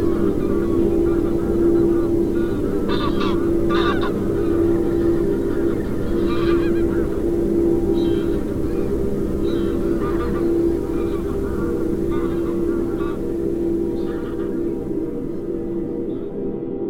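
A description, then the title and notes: An electronic drone holds steady and dense throughout, with a low rumbling bed and a sustained mid tone that flickers in and out. Short, bright honk-like calls break through every few seconds, and the upper sounds thin out over the last few seconds. A mix of original field recordings with an electronic drone sequence.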